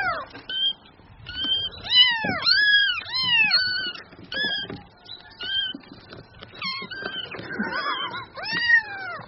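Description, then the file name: Cat: kitten meows in quick succession, many arched mews crowding together, some wavering, with light rustling beneath. Kitten, mewing in a whiny, endearing way. "Tieng meo con keu nung niu de thuong"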